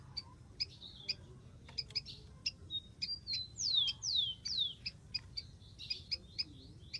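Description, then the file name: Rufous-collared sparrow song: a short series of clear, slurred whistles sliding downward midway, with scattered high ticking notes before and after and a low background hum. "canto do tico tico"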